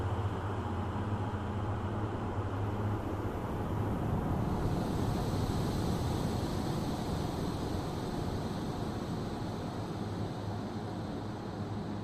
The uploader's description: humming and waves in a creepy cave